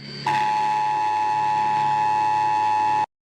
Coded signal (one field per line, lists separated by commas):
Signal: Emergency Alert System (SAME) tones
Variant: 853 and 960 Hz attention tone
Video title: Guam EAS Alarm (ALT)